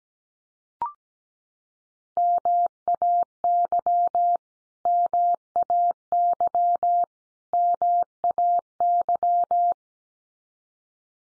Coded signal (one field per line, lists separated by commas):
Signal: Morse code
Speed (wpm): 17 wpm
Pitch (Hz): 700 Hz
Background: none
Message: MAY MAY MAY